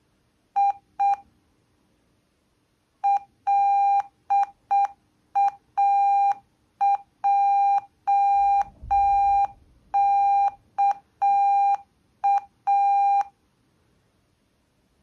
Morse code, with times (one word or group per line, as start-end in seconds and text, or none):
0.6-1.1 I
3.1-13.2 LAJKA